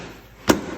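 A carbon fiber side trim panel piece from American Hydrocarbon slides into the frunk surround of a C8 car and snaps in. A single sharp, broadband pop sounds at 0.5 s over quiet background noise. The panel is seated.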